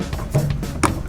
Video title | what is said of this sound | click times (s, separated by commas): 1981-1987(91) Chevy Truck Glass Run Channel Install | you hear that click and now it's on that spring clip is on so | 0.8 s